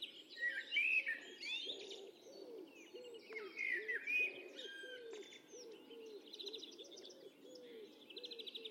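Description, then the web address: Birds calling together: sharp whistled chirps and trills above a steady series of low repeated cooing or croaking notes, with rapid ticking trills near the end. "Deverinetal. Bird Only"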